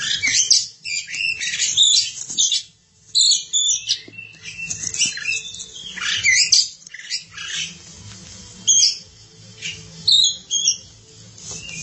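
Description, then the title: Oriental magpie-robin singing dense, harsh and scratchy phrases mixed with whistled slurs and chatters, loud bursts broken by short gaps, low hum underneath. Kacer song. "Suara Kicauan Burung Kacer Durasi Panjang"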